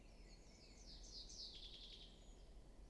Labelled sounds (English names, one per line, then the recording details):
Common Chaffinch
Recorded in Germany
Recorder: ecoPi